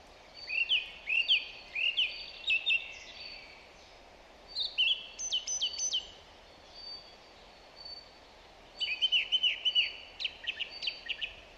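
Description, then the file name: Song thrush song: repeated whistled phrases, a scratchy high twitter section, then a fast series of repeated bright notes, all over constant hiss. "Zanglijster Turdus philomelos"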